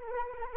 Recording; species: mosquito wingbeat signal from an infrared sensor; Anopheles arabiensis